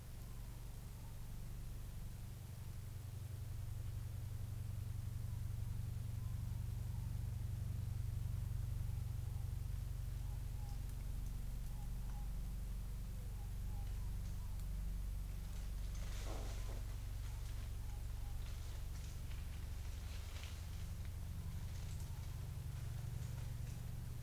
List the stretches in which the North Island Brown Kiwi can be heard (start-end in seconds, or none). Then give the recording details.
none. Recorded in New Zealand on 24 November 2013. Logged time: 00:13. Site CF70